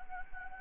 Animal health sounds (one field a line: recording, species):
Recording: mosquito wingbeat signal from an infrared sensor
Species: Anopheles gambiae